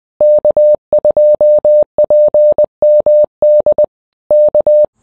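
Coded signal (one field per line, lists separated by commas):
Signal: Morse code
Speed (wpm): 20 wpm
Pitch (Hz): 600 Hz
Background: none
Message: K2PMD K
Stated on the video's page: Field operation with a Xiegu X6100 on a homebrew end-fed half-wave antenna.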